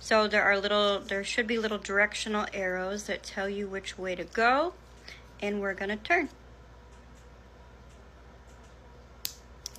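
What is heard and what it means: Someone talks for about six seconds, then turns the twist cap on a silicone denture-liner applicator cartridge in the direction of its arrows. A sharp click lands at 9.3 s, followed by two fainter ticks. The cap clicks open, releasing the cartridge.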